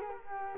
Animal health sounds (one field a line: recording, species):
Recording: mosquito wingbeat signal from an infrared sensor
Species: Culex quinquefasciatus